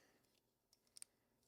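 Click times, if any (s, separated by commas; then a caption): 1.0 s. A second bumper, size two, is slid into an Ottobock Evanto prosthetic foot and pushed down so it collapses into place. Two sharp clicks come in quick succession at 1.0 s and 1.0 s over a faint background. The bumper is seated.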